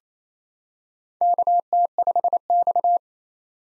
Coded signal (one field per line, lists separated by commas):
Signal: Morse code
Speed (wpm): 29 wpm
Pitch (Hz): 700 Hz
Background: none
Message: KT5X